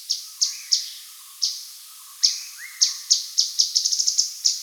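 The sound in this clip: Grey-headed canary-flycatcher calling with spaced sharp high notes that speed into a quick run near the end, plus two soft rising whistles.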